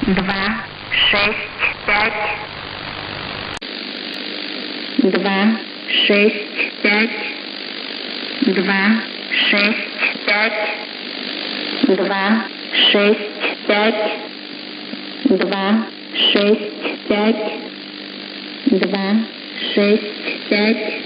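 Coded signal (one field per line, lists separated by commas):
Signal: numbers station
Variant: S06s, Russian female voice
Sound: female voice reciting numbers in repeating groups of three, like two, six, five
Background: radio static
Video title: 05 10 2021 Number station S06s Russian Lady in Russian to Eu 1100 on 6190 unknown tx site in CUSB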